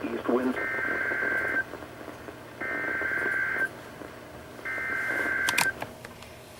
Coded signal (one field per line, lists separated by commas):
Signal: Emergency Alert System (SAME) tones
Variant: header bursts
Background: speech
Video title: EAS #1129-#1135: To the Northeast | KHB36 & KEC83